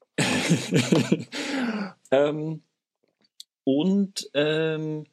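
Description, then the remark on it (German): A voice fakes a cough with a raspy, breathy burst, followed by a few short voiced sounds with clear pitch and brief silent gaps between them. “In Amerika wurde nicht dieser komische Typ gewählt, der in der echten Welt gewählt wurde, sondern seine Kontrahentin. Hust.”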